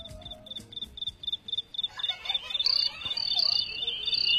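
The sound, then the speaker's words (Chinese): High, rapid bird chirps repeat in a steady pulsing rhythm in the intro of a song played on Beijing Music Radio, then give way to busier, overlapping twittering and whistles as the sound grows slightly louder. No one speaks. “哎呀，就是 有鸟叫， 放这首歌多合适”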